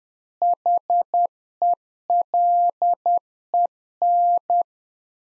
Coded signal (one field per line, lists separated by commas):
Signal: Morse code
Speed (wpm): 10 wpm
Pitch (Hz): 700 Hz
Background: none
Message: HELEN